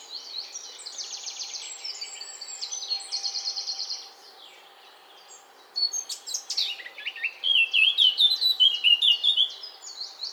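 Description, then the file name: Eurasian blackcap song: buzzy, chattering phrases and a pause, then a loud burst of clear, rapid warbling near the end. "Sylvia atricapilla"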